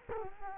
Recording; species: mosquito wingbeat signal from an infrared sensor; Culex quinquefasciatus